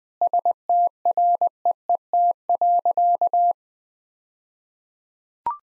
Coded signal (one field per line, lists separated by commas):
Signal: Morse code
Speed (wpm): 20 wpm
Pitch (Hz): 700 Hz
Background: none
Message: STREET.